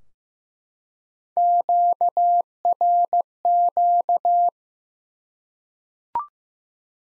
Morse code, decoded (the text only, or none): QRQ